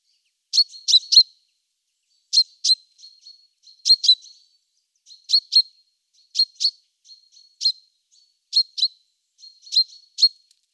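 Great tit song: high, sharp two- and three-note phrases repeated in quick bursts with short pauses, and faint softer notes between.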